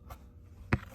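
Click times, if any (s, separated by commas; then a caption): 0.7 s. A driver airbag module is pushed back into a G35 steering wheel, and its second-side retaining pin goes into the clip hole. It snaps home with one sharp, loud click at 0.7 s, followed by a softer tap at 0.8 s and another sharp knock at 1.0 s against a faint low background. The module is seated.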